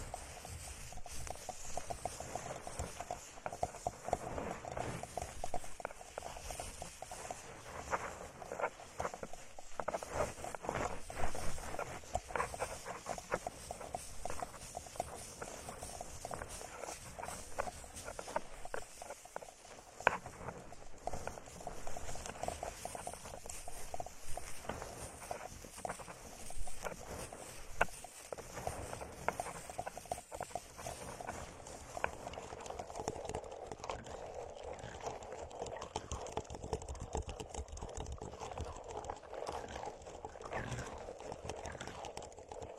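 Plants are rubbed and circled around the ears, giving a dense rustling and crinkling that swells and fades as the leaves sweep past. Soft scraping and tapping pulses recur every second or so, with a brief quieter stretch near twenty seconds.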